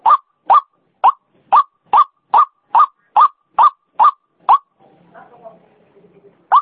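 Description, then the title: White-breasted waterhen repeating harsh rasping notes about twice a second, then a pause filled with faint low rustling before one more note. Female call, used as a lure sound. "Suara Pikat Ruak Ruak Betina"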